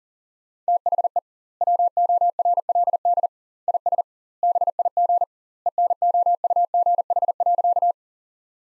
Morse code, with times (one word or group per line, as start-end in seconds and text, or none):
0.7-1.2 THE
1.6-3.3 WORLD
3.7-4.0 IS
4.4-5.2 BIG
5.7-7.9 ENOUGH.